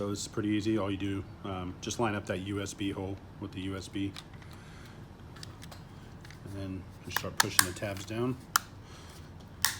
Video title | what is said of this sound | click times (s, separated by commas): Mavic 2 Mod Video | you'll hear clicks obviously and | 9.7 s